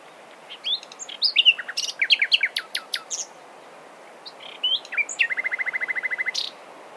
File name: Luscinia megarhynchos